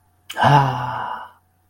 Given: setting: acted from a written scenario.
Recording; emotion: vocal sound without words; relief